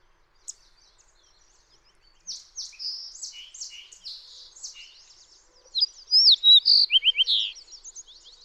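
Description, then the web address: Fox sparrow song: loud, clear whistled notes with short sliding phrases, following a softer stretch of scratchy chips and warbled notes. "birdsongforthecurious Fox Sparrow"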